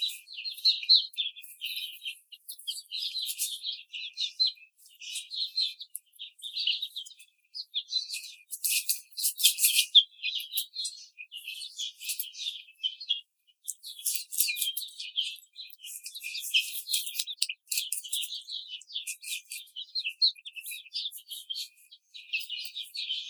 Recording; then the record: young laying hens in a cage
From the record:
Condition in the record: treatment cage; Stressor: simulated dog barking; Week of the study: 5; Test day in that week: 1